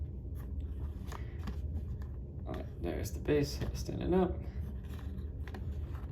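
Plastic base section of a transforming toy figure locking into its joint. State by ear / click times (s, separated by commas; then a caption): not seated / none. The plastic trailer base of a NEWAGE H27EX David Optimus Prime transforming action figure is unfolded by hand while someone talks, with light plastic handling taps and rattles. A section of the base is pushed toward its joint, but nothing has seated or clicked into place yet.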